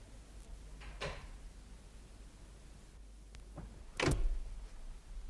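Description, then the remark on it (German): An unlocked door opens with a soft creak and click, then after a few quiet seconds shuts with a louder thud. Low background hum throughout, no voices. “Ja, komm doch rein, die Tür ist nicht abgeschlossen.”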